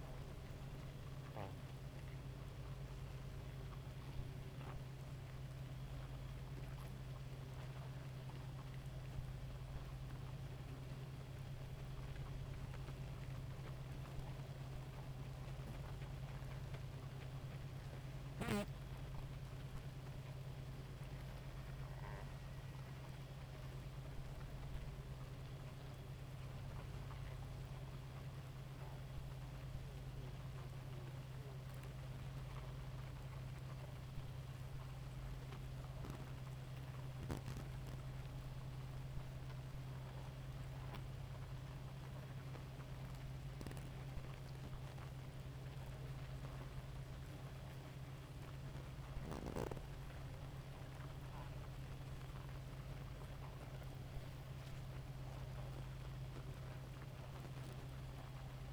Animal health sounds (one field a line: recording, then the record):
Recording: honeybee colony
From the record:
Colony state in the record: active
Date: 28 July 2017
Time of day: 2:32